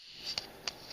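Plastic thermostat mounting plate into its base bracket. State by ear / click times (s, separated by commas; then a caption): seated / 0.4 s, 0.7 s. A plastic thermostat mounting plate (Ecobee3) is hooked into the hinge grooves of its base bracket and pressed on the other side until it locks. Two sharp plastic snaps sound at 0.4 s and 0.7 s, and the plate is seated.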